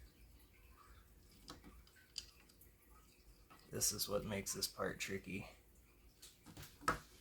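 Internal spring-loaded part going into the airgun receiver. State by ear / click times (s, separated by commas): partly seated / 6.9 s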